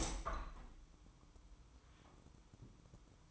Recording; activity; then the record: daily activity, microphone in the room; open window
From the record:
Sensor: 1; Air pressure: 1004.7 hPa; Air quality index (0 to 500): 118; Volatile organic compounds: 4 ppm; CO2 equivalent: 1641 ppm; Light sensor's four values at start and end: 8/20/8/8 and 9/21/8/9